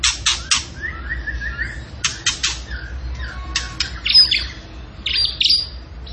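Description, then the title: Tembakan bird song: bursts of harsh, buzzy rasping notes alternating with short whistled phrases, over a steady low hum. Energetic, full-voiced (gacor) singing used as a master training recording for cage birds. "Masteran Burung Tembakan Gacor"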